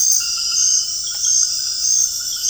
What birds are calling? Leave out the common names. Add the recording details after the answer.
none. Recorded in dense forest near Puerto Asís, Putumayo, Colombia, on 21 February 2024 at 02:00. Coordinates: 0.485, -76.325. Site G6429